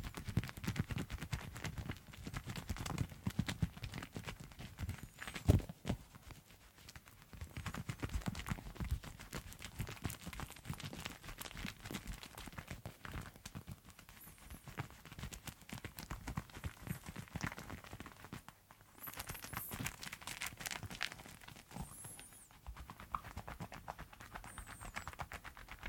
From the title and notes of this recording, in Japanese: 癒される泡の音…手をこするハンドサウンド/手洗い Hand Washing【ASMR】。